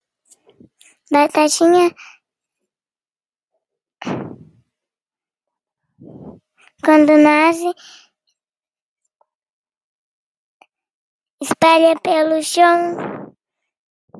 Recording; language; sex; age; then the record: short text; Brazilian Portuguese; female; 30 to 39 years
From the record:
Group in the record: control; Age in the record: 37 years